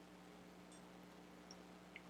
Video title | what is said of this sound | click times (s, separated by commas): Nisan Murano/Quest, New Alternator Install Without Coolant Drain, Or Opening A/C System | the rear one, same thing. You just click it back on. | 1.5 s, 2.0 s